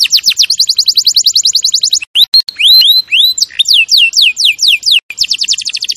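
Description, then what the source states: Canary song: rapid repeated descending notes, then loud slurred whistles rising and falling, ending in another fast trill. Champion canary song used as a master recording for training other birds.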